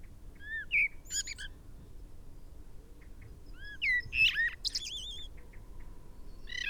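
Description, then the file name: Common blackbird singing mellow fluty notes that slide up and down, followed by thin, high, scratchy twittering flourishes; phrases with a quiet gap between them. "Turdus merula"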